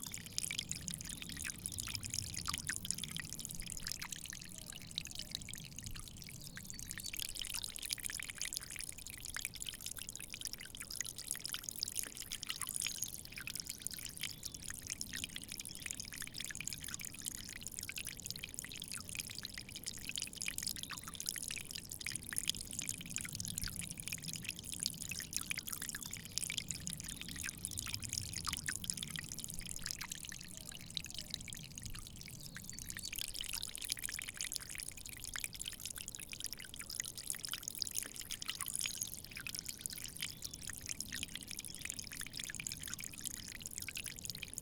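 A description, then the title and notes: Water droplets fall and splash in a continuous, dense patter, a steady trickling pour with no breaks across the whole stretch. The splashing sounds bright, with a soft low rumble underneath that swells and fades every few seconds. Nonstop Running Water Droplets. The continuous flow of water droplets.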